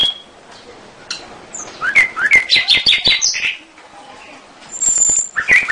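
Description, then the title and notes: Canary song in scattered bursts: a high whistled note, then a dense run of rapid chirps and trills around the middle, a thin high whistle, and a final burst of chirps. Masteran lure song, a recording used to train caged songbirds and excite them to sing. "PANCINGAN SUARA MASTERAN KENARI BIKIN BURUNG MAKIN MENGGILA. masteran kicau kenari"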